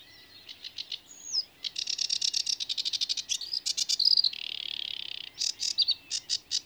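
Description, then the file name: Sedge warbler song with a varied mix of thin whistles, scratchy rattling chatter and a buzzing churr in quick succession. "Rietzanger"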